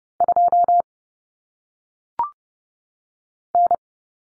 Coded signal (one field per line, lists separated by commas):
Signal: Morse code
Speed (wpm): 30 wpm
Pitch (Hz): 700 Hz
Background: none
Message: 2 N